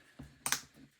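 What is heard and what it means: Wooden part number 33 of a UGears Manned Mars Rover mechanical model, not fully inserted, is pushed home into the plywood assembly during step four. After a soft low bump near 0.2 s, two sharp snaps come at 0.5 s and 0.5 s, and the part is fully seated.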